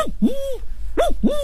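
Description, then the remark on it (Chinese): A jaw harp, held in the mouth and plucked by hand with sounds made deep in the player's throat, mimics an older cuckoo's call: two repeated two-note phrases, each a short swooping tone followed by a longer sliding one, low and buzzy with twangy overtones. “对，也有布谷鸟，布谷鸟就是它这个声音都是不一样的，因为这个年轻的布谷鸟这个叫法和这个老的布谷鸟都是不一样的。”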